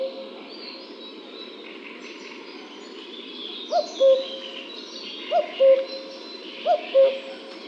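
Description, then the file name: Common cuckoo starting after a quiet spell with three falling two-note calls about 1.5 seconds apart, with other birds twittering faintly throughout. "Cuculo"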